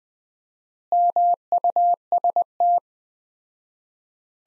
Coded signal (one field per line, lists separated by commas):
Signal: Morse code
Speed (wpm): 20 wpm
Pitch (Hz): 700 Hz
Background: none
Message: MUST